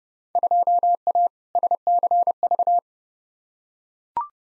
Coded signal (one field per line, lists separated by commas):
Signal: Morse code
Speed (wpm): 32 wpm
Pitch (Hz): 700 Hz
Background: none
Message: 2A SCV